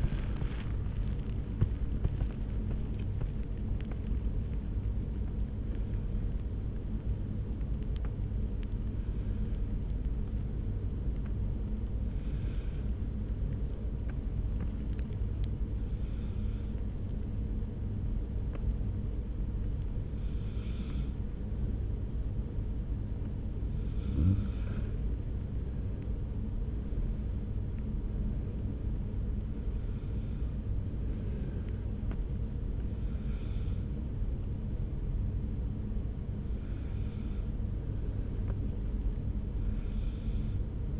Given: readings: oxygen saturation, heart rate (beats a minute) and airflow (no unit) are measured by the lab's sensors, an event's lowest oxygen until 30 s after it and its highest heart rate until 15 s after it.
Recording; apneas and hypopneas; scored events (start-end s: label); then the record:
breathing in sleep by a smartphone at the bedside; 1
11.00-18.00 s: awake
11.00-25.80 s: hypopnea (scored as awake, oxygen 96% highest, then 93% lowest)
14.00-41.00 s: new sleep stage, N1 (lightest sleep)
From the record:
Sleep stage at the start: awake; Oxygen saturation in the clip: 93 to 96%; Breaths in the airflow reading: 11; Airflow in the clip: -1.5 to 2.6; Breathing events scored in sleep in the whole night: 335 in 6.7 hours asleep